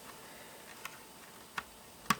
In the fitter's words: wiggle that in a bit snaps right in place